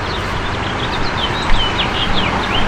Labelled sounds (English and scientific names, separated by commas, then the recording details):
House Finch (Haemorhous mexicanus) song
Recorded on Long Island, New York, on 22 June 2012
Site AU
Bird A